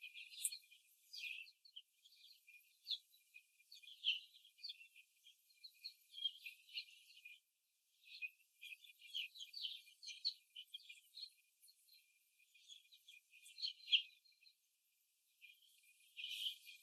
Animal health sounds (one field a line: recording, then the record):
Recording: young laying hens in a cage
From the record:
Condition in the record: after the stressor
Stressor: simulated dog barking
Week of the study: 2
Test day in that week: 3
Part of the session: 1